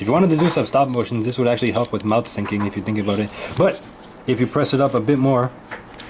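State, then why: Not seated. Someone talks while handling a Transformers Legacy Evolution Voyager Leo Prime/Lio Convoy action figure, pressing the plastic jaw of its beast-mode head upward so it will click shut and lock into place. The clip ends before that happens, so the jaw has not clicked or seated yet.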